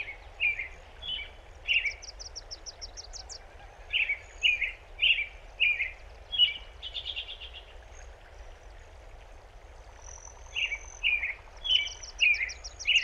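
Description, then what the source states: American robin song of repeated rich whistled phrases with brief pauses, while another bird adds high thin trills. Song heard especially early in the morning, described as monotonous but eager; west side of Rocky Mountain National Park, Colorado.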